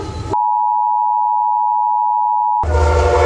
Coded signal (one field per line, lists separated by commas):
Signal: Emergency Alert System (SAME) tones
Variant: 853 and 960 Hz attention tone